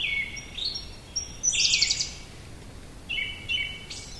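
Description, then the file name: Siberian blue robin song: a few high thin tones lead into a loud buzzy rattle, then a shorter trilled phrase near the end. "koruri"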